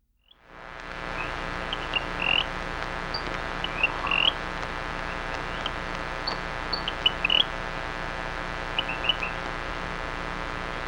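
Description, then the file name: Rio Grande chirping frog giving short, high chirps and upslurred squeaks, scattered irregularly throughout over a steady low hum. "Rio Grande Chirping Frog Syrrhophus"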